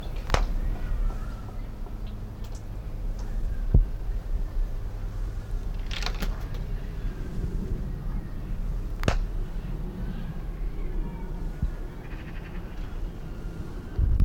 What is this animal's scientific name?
Strix uralensis